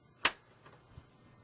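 The print head of a Zebra 520i card printer is closed by pushing the latch on the back of the printer. A sharp latch snap at 0.3 s is followed by a couple of faint, softer knocks. The print head latch snaps shut and is seated, after which the printer calibrates the ribbon.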